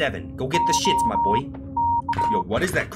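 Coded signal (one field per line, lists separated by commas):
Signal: Morse code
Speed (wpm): 22 wpm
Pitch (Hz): 940 Hz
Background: speech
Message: OK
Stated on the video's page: Morse code used in the horror game The Old Gentleman to save a friend in the ocean.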